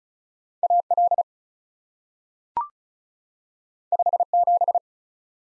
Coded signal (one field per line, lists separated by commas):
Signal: Morse code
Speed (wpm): 36 wpm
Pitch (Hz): 700 Hz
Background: none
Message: A L 5 7